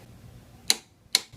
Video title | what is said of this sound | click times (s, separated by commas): How To Change The Handlebar Position On A Yamaha FJR 1300 ES | and now we're going to go until it clicks and it'll be at the correct torque spec | 0.7 s, 1.1 s